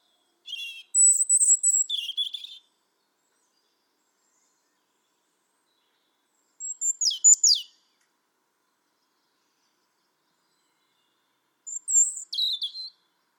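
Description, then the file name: European robin song: three short, high, sweet phrases of sliding and trilled notes, separated by long pauses. "Erithacus rubecula"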